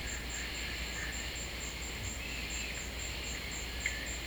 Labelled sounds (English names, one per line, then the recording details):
none
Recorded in secondary vegetation near Puerto Asís, Putumayo, Colombia, on 13 March 2025 at 16:30
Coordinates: 0.498, -76.327
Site G001